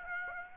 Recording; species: mosquito wingbeat signal from an infrared sensor; Aedes aegypti